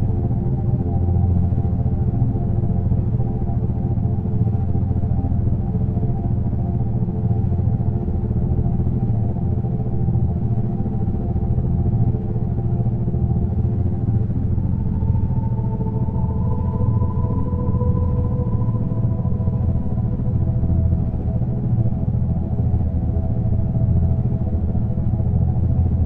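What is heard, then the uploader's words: Binaural beats with white noise: a steady, unbroken drone of stacked low tones over a dense hiss, most weight in the deep bass. Loudness holds even throughout, and around fifteen seconds a faint higher tone rises and glides in briefly. Concentration, Focus and Memory With 9' Binaural Beats and White Noise.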